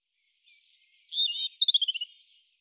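European robin song: two thin high whistles, then a tumbling phrase of wavering notes ending in a quick descending run of repeated chips.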